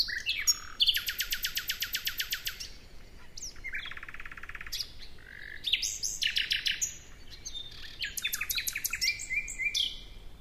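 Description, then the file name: Common nightingale song: rapid trains of repeated clicking notes, rich rattling bursts and brief whistles, delivered in varied phrases separated by short pauses. "Luscinia megarhynchos"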